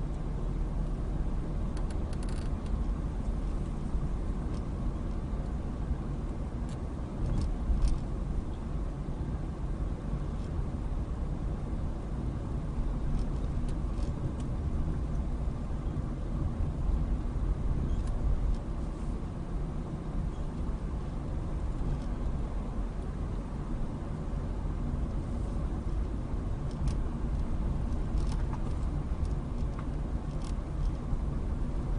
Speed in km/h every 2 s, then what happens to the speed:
21, 21, 21, 21, 19, 21, 19, 19, 19, 21, 19, 21, 23, 21, 19, 21.
0-32 steady at about 21.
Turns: none.